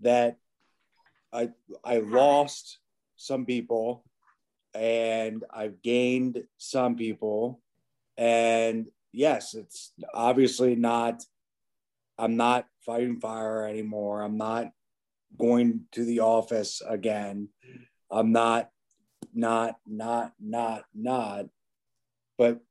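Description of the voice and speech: An adult man speaks in short, halting phrases broken by long pauses, with drawn-out sounds and a word repeated four or five times before he moves on. This non-fluent, incomplete phrasing reflects aphasia, with difficulty finding and producing words, nine years after an accident.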